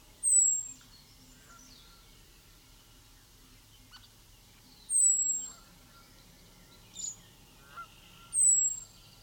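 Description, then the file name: European robin giving three thin, very high whistles that slide slightly downward, spaced about four seconds apart, with faint chips and a steady low tone behind. "Erithacus rubecula"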